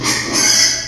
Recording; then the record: squeal of a Yucatan mini pig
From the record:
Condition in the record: before surgery on the right vocal fold (resection and tissue-engineered implant); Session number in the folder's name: 2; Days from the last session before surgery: 0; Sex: male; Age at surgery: 12 weeks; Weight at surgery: 13 kg